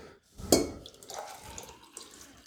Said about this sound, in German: Ich muss das mal hier wegschütten, sonst habe ich zu viel.